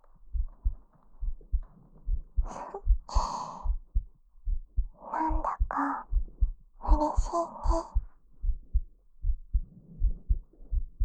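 A woman's heartbeat: paired heart thumps at about 77 beats a minute, with intermittent soft tonal vocal sounds over them.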